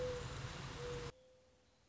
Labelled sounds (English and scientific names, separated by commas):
Mourning Dove (Zenaida macroura)